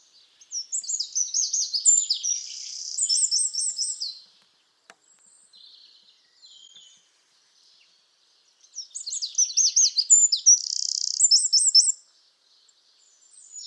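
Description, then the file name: Eurasian wren song: two loud, high, rapid outbursts of sharp notes about eight seconds apart, each with a fast buzzing trill in the middle, quiet pause between. "Troglodytes troglodytes"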